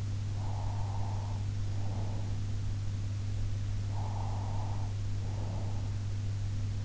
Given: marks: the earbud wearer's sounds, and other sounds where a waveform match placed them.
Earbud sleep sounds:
sounds in sleep by an in-ear microphone; breath
0.35-2.44 s: breath
3.95-5.80 s: breath

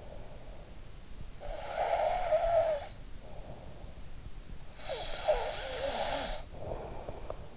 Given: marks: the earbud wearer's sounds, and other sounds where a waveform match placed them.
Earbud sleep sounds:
sounds in sleep by an in-ear microphone; snoring breath
1.13-3.59 s: snoring breath
4.61-7.53 s: snoring breath

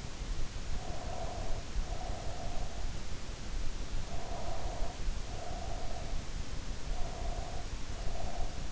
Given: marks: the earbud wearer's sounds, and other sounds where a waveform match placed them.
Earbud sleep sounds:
sounds in sleep by an in-ear microphone; breath
0.40-2.74 s: breath
3.92-6.29 s: breath
6.74-8.71 s: breath

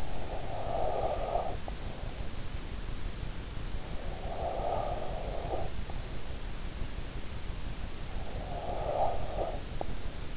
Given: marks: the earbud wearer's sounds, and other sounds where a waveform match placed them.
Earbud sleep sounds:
sounds in sleep by an in-ear microphone; breath
0.00-2.18 s: breath
3.83-6.02 s: breath
7.90-10.37 s: breath

